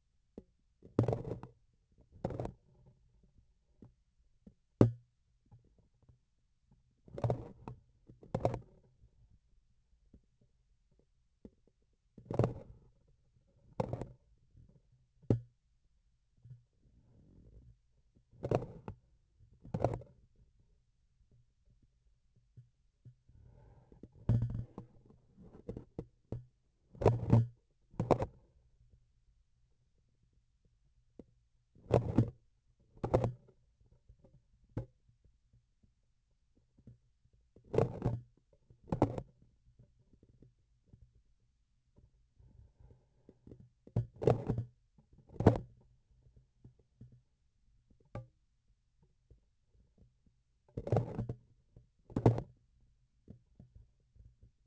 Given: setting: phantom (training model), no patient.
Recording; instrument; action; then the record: laparoscopic instrument, vibration sensor on the handle end; grasping forceps; opening and closing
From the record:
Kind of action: tool actuation without material contact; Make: other than Olympus